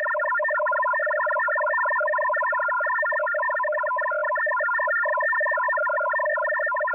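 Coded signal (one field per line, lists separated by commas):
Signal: HF data modem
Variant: F03j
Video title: F03j Data Mode 01/01/2024 1015 UTC 12089kHz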